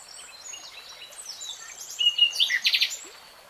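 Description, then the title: Nightingale song, jumbled high twittering that builds into a brief louder burst of quick repeated notes before fading. Singing; real-time recording. "[Tiếng chim hót] Nightingale Singing"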